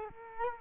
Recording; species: mosquito wingbeat signal from an infrared sensor; Culex quinquefasciatus